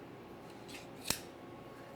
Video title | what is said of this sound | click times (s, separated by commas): GeisseleAutomatics Live Stream | locks in place you'll notice the harder you pull this knife | 1.1 s